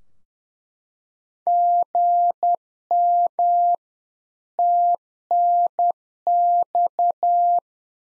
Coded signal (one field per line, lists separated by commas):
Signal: Morse code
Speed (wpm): 10 wpm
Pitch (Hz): 700 Hz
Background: none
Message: GM TNX